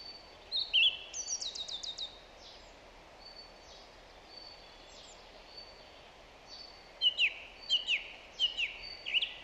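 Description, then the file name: Song thrush song: varied high phrases, a scratchy twittering burst early, quiet stretch, then loud whistled notes repeated in quick succession; steady hiss throughout. "Zanglijster Turdus philomelos"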